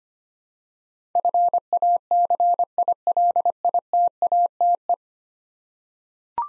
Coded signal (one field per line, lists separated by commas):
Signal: Morse code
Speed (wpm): 25 wpm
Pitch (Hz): 700 Hz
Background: none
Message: FACILITATE